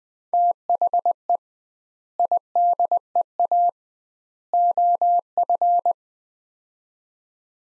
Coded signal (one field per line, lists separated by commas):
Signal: Morse code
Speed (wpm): 20 wpm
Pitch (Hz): 700 Hz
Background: none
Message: THE IDEA OF